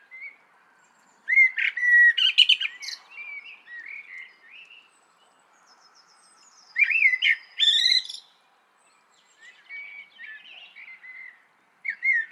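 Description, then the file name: Common blackbird song: repeated phrases of low fluting warbles, each finished with a high squeaky chatter, with short gaps between them. "Turdus merula"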